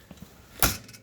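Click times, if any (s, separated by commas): 0.6 s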